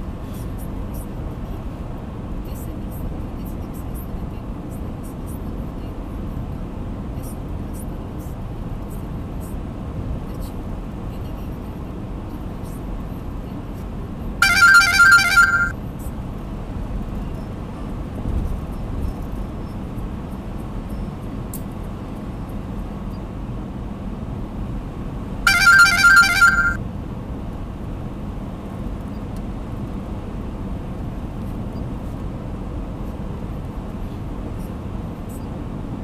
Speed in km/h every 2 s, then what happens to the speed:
96, 93, 92, 94, 95, 94, 96, 95, 98, 97, 97, 97, 96, 97, 96, 96, 96, 96.
0-36 steady at about 96.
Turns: none.